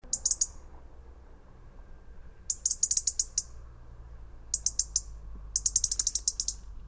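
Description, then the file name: European robin giving clusters of sharp, high ticking notes, four bursts spaced about one to two seconds apart, over a faint low rumble. "Erithacus rubecula"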